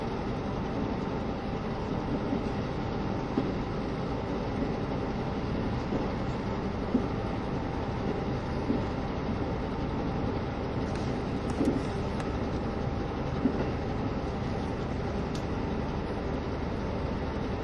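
Steady running noise inside a KiHa 72 series train, a dense low rumble with faint periodic clicks and brief bright squeaks around eleven seconds.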